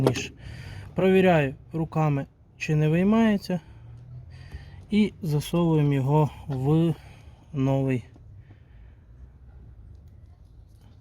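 During a low-beam headlight wiring repair on a Megane 2, a crimped metal wire terminal is handled and checked before going into a new plastic headlight connector housing. Someone talks in short bursts over a low steady background hum, with quiet stretches between phrases. Nothing has seated or clicked yet.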